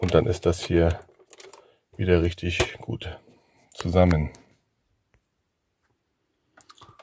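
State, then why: Seated. Wiring harness plugs are pushed back into the rear of the control unit on the radio trim panel of a Vito 447, which was removed to eliminate a rattle. Someone talks first, then two short clicks at 6.6 s and 6.7 s mark the connectors latching in. All the cables are seated again.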